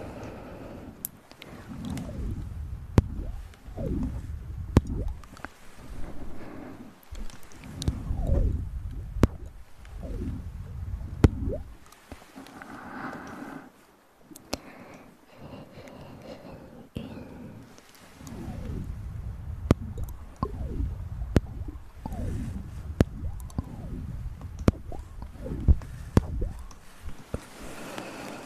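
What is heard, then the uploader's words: Ear massage with mouth sounds: dense, low rubbing and squishing swells through most of the clip, broken by sharp clicks and pops every second or so. A quieter lull falls around 13 to 17 seconds before the thick rubbing returns. Intense Ear Massage & Mouth Sounds.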